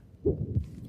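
Heart heard by stethoscope: a musical systolic murmur, a heart defect, in an adult.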